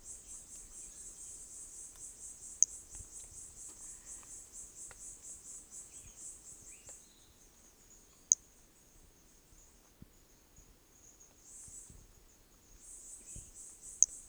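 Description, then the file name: Hermogenes' pumpkin toadlet giving single short high chirps several seconds apart over a steady pulsing insect chorus. Recorded specimen from Corcovado, MHNCI museum collection; starting notes lost, recorded without interruption. "MHNCI Brachy hermogenesi Corcovado specimen one two starting notes lost without interruption"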